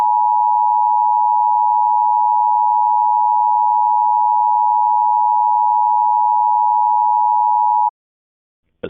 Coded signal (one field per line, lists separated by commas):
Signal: Emergency Alert System (SAME) tones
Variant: 853 and 960 Hz attention tone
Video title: EAS Reenactment Mock: SVR for Jim Hogg, TX and Zapata, TX (w/ IPAWS & EMnet) - 05/03/2019